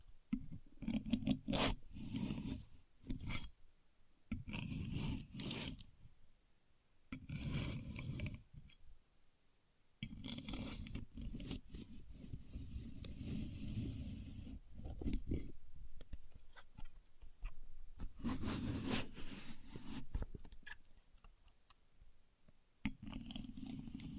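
A contour gauge being handled: bursts of dense clicking and rattling as its many pins slide and shift, with low thumps underneath. Activity comes in uneven spurts of one to a few seconds, separated by brief near-silent pauses, with a longer steady stretch from about 10 to 15 seconds.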